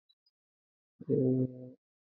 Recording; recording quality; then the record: sustained vowel as in made; poor, much background noise or distortion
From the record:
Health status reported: exposed to COVID-19, no respiratory illness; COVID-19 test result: negative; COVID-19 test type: RT-PCR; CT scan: not taken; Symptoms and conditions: cough, fatigue, muscle pain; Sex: female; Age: 27 years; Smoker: no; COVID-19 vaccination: both doses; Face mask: worn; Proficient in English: yes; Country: India